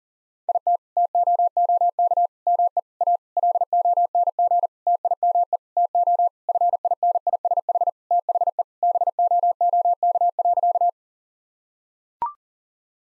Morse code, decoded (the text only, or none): IT TOOK ME A LONG TIME TO FINISH THE BOOK.